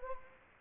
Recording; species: mosquito wingbeat signal from an infrared sensor; Anopheles gambiae